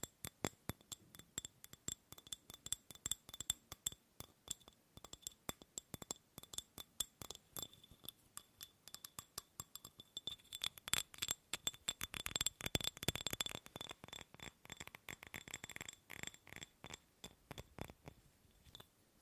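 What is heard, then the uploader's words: Tapping on objects, with sharp, bright clicks and clinks like glass or hard material. The taps come fast and dense in bursts, loosening into slower, spaced strikes. The busiest, loudest stretch falls around ten to fourteen seconds, with a faint ringing tone under some hits. ASMR Fast & Slow Tapping on 6 Objects No Talking.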